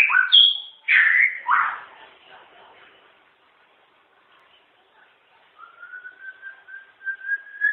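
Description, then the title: White-rumped shama: bird song with loud whistled and slurred notes at the start, fading, then a thin steady rising whistle in the final seconds. Long chirping song. "kicau murai batu panjang"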